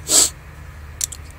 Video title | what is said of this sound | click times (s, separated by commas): Affordable/ cheap bushcraft and survival knives | sharp blade snaps into place really nice great knife | 1.0 s